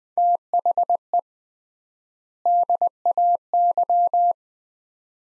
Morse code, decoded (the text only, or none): THE DAY